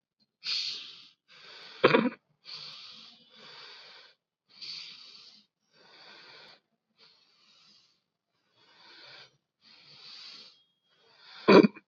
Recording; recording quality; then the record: deep breathing; excellent, no background noise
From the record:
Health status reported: COVID-19 positive, mild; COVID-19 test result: positive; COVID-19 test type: RT-PCR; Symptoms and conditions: cough, fever, fatigue, muscle pain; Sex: male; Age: 39 years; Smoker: yes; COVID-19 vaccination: both doses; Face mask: worn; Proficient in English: yes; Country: India